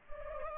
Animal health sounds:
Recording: mosquito wingbeat signal from an infrared sensor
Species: Culex pipiens

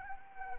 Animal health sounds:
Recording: mosquito wingbeat signal from an infrared sensor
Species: Anopheles arabiensis

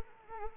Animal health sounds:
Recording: mosquito wingbeat signal from an infrared sensor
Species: Anopheles arabiensis

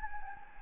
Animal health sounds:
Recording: mosquito wingbeat signal from an infrared sensor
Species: Anopheles gambiae

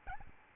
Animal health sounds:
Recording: mosquito wingbeat signal from an infrared sensor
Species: Aedes albopictus

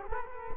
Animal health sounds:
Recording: mosquito wingbeat signal from an infrared sensor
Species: Culex quinquefasciatus

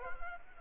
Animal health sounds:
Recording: mosquito wingbeat signal from an infrared sensor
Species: Anopheles arabiensis

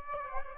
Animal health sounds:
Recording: mosquito wingbeat signal from an infrared sensor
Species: Aedes aegypti

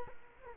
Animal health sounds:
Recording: mosquito wingbeat signal from an infrared sensor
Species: Culex quinquefasciatus

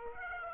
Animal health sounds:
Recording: mosquito wingbeat signal from an infrared sensor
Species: Aedes aegypti

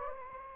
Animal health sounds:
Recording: mosquito wingbeat signal from an infrared sensor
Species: Anopheles gambiae

